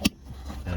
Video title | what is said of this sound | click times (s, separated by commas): Top Extension Cowl Replacement On 2009-2014 Maxima | it'll click into place. | 0.1 s